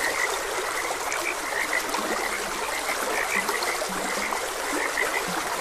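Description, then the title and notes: Frogs calling with crisp, high pips in quick succession plus several short, low croaks, over running stream water. Frogs croaking beside a gentle stream. "Gentle Stream and Frogs Croaking - Calming Sounds of Nature. Sleep and Relaxation Podcast"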